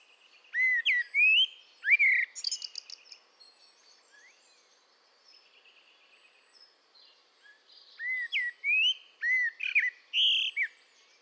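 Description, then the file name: Common blackbird song in two bursts: mellow, slurred whistles ending in a squeaky high twitter, a long gap with faint notes, then another flowing run of fluted phrases. "Turdus merula"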